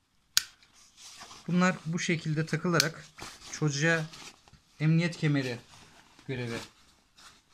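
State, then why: Seated. Harness belt tongues are pushed into the central buckle of a Concorde Neo stroller seat and snap in with a loud, sharp click at 0.4 s. The tongues seat in the buckle to act as the child's seat belt, and someone talks afterward.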